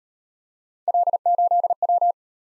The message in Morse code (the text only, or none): L8W